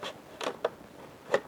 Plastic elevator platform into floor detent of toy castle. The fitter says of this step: see how it kind of locks in place and what's new to this Castle is there's a third floor the Vintage one only had the two floors